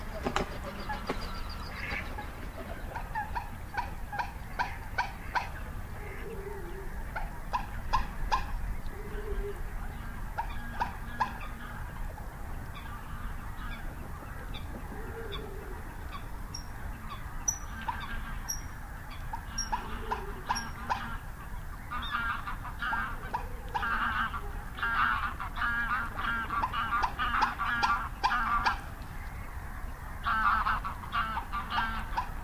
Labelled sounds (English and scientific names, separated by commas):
Common Moorhen (Gallinula chloropus) call